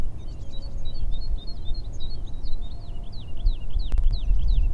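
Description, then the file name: Woodlark giving a continuous run of liquid, slurred whistles, rising and falling notes strung together, against heavy low-frequency noise and a couple of sharp clicks. Recorded 28 February 2022. "Alouette lulu 2022-02-28"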